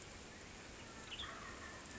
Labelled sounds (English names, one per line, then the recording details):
Western Tanager
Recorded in Sonoma County, California